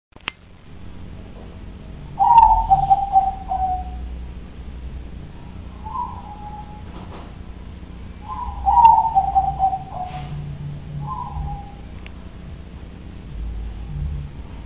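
Dove cooing in two phrases about six seconds apart, each a drawn-out descending coo followed by a shorter soft note, over a constant low droning background.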